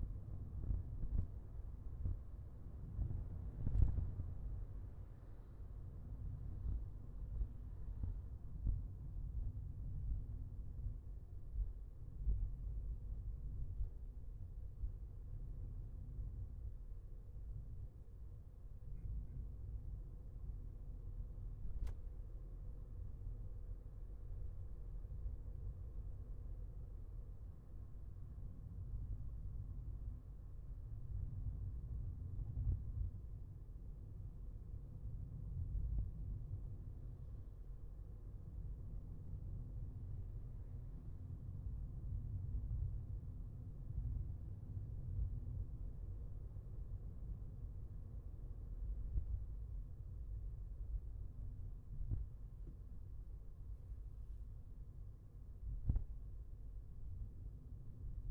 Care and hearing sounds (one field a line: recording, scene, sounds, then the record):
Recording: everyday scene through a hearing-aid microphone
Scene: in a vehicle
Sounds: engine, traffic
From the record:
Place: Skoda Fabia, gasoline engine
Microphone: behind the ear, left, front